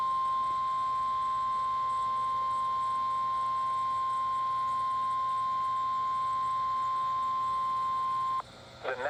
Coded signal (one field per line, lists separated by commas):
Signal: Emergency Alert System (SAME) tones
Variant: 1050 Hz attention tone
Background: speech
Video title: Severe thunderstorm warning (read desc) FIRST EAS ALERT #newvideo #youtube #easalarm #weather